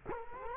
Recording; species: mosquito wingbeat signal from an infrared sensor; Culex quinquefasciatus